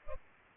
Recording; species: mosquito wingbeat signal from an infrared sensor; Culex pipiens